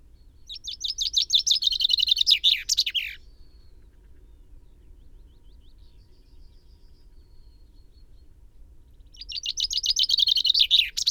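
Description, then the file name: Common chaffinch song: a rapid cascading series of notes finishing in an emphatic flourish, a long quiet pause, then another phrase begins and is cut off. "Fringilla coelebs"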